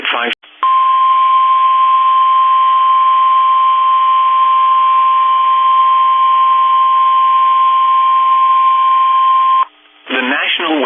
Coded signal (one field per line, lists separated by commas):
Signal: Emergency Alert System (SAME) tones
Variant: 1050 Hz attention tone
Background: speech